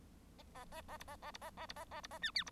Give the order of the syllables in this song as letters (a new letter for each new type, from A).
A A A A B A A B A A B A A B A C D B